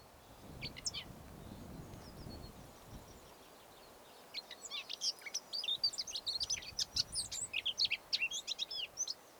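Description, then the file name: Eurasian blackcap song: a few scattered chirps, then from midway a rapid, chattering warble of sharp high notes that keeps going to the end. "Sylvia atricapilla"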